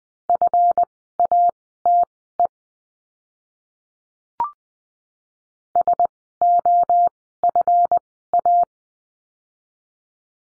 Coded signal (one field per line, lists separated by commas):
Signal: Morse code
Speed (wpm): 20 wpm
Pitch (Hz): 700 Hz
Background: none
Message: FATE SOFA